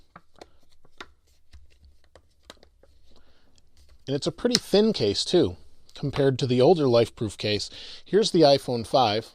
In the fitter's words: so we'll seal it right now just snaps into place like this